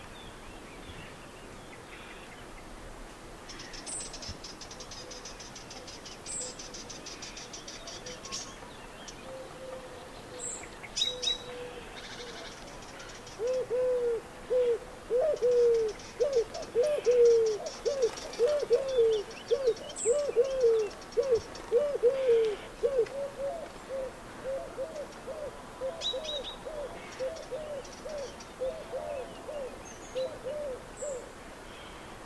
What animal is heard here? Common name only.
Eurasian Collared Dove